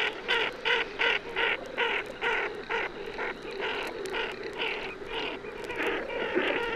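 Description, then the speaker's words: Ferruginous duck flight calls, harsh rasping notes repeated rapidly, about two or three each second. Calls of flying ferruginous ducks, played for comparison with the tufted duck. "Hören wir nun zum Vergleich die Rufe fliegender Moorenten."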